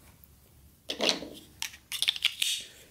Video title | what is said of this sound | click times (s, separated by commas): Finished micro grunts | Solid click. | 1.6 s